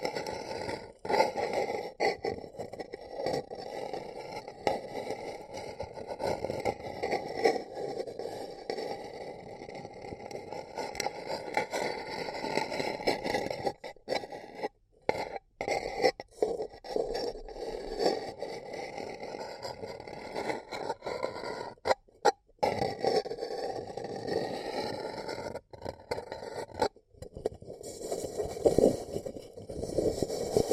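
A paper cup is scratched and rubbed in a dense, continuous rasping scrape with a low, papery body and faint brighter edges. The texture stays fairly steady, broken by brief silent gaps near 14–16, 22 and 26–27 seconds.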